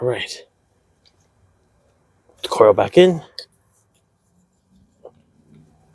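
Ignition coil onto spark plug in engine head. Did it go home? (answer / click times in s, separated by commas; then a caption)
yes / 5.1 s. On a 2016 Chevy Equinox 2.4 four-cylinder engine, an ignition coil is pushed back down into the plug well in the engine head until its boot snaps onto the spark plug. Someone talks, then a short, sharp snap is heard at 5.1 s. The coil is seated on the spark plug.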